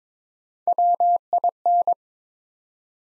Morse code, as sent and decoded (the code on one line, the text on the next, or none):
.-- .. -.
WIN